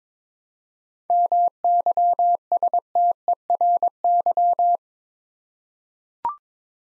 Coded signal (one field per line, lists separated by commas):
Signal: Morse code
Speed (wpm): 22 wpm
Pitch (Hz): 700 Hz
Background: none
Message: MYSTERY